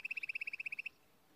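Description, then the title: Timbrado canary song phrase: a fast, even trill of about fourteen high notes, then it stops abruptly, leaving quiet. Timbrado canary song used as a training recording. "Canary Bird Singing - Timbrado training video"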